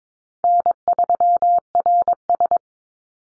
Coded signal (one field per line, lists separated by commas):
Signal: Morse code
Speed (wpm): 22 wpm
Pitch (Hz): 700 Hz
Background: none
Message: N3RS